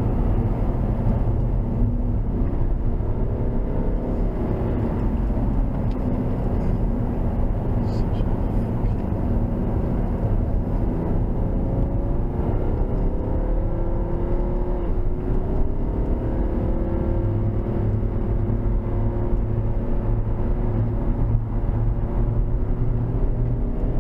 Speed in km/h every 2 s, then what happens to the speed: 77, 93, 71, 69, 71, 84, 103, 119, 130, 132, 140, 153.
0-2 speeds up to 93. 2-4 brakes to 71. 8-24 speeds up to 153.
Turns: 3-12.